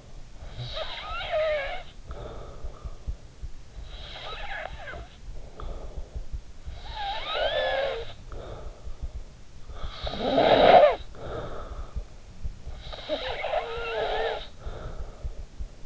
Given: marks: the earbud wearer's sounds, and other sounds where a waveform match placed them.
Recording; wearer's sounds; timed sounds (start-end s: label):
sounds in sleep by an in-ear microphone; snoring breath
0.22-3.31 s: snoring breath
3.74-9.25 s: snoring breath
9.59-12.08 s: snoring breath
12.54-15.59 s: snoring breath